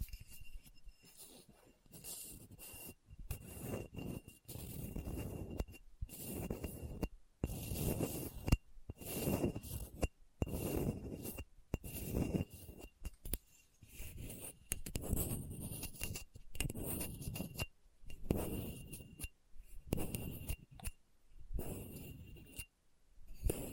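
Scratching on a hard, bumpy surface comes in repeated rough strokes, each lasting about a second with short silent gaps between them. The strokes are gritty and full from low to bright, with a faint steady high whine running underneath most of the recording.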